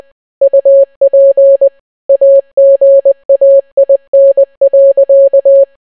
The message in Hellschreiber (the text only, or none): none